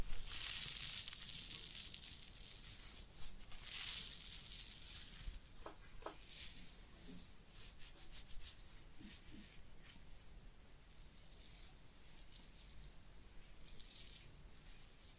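A head massage and ear cleaning, heard as soft rubbing and scratching sounds with bright, hissy crackles. The scratchy bursts are strongest in the first five seconds, then the sound settles into quieter, sparser rustles and brief taps until a final flurry near fourteen seconds.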